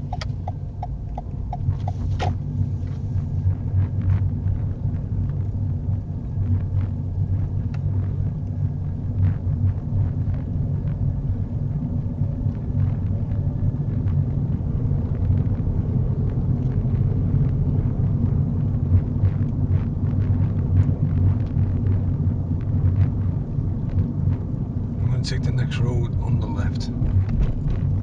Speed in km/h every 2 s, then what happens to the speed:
15, 18, 18, 16, 18, 19, 24, 26, 27, 27, 29, 26, 24, 24.
0-19 speeds up to 29. 19-28 steady at about 24.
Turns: none.